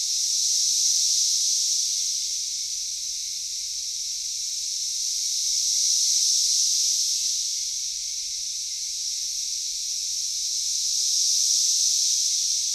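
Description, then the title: Continuous high cicada buzzing pulses in long, regular swells, loudest at the start, near six seconds and near the end. Cicadas calling in a backyard in Knoxville, Tennessee, USA. "3619 Alpine Dr SE, Knoxville, TN 37920, USA - Backyard Cicadas"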